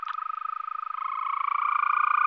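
Green toad giving a long, steady musical trill of rapid pulses, gradually growing slightly louder.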